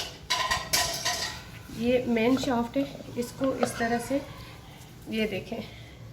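A woman talks while handling the plastic chopper lid of a Philips HR7320 food processor, fitting it onto the bowl and base, which will not run until the lid is locked. Brief plastic clatter and handling knocks are heard under her speech. The clip ends before the lid goes home, so nothing has seated or clicked yet.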